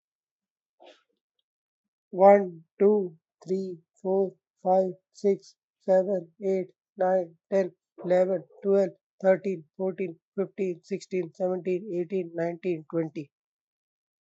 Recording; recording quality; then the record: counting at a normal pace; excellent, no background noise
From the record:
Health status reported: healthy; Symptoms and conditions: none ticked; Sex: male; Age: 35 years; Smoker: not ticked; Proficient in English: yes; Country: India